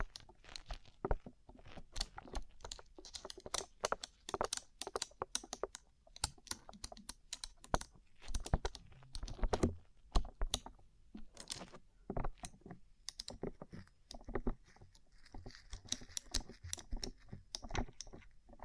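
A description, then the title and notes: Rapid tapping on a rhinestone-covered surface, a dense run of sharp, bright clicks like fast typing. The taps come in quick bursts with brief pauses, the pace uneven throughout. A soft low rumble sits underneath. ASMR Rhinestone Covered Tapping 3Dio (No Talking).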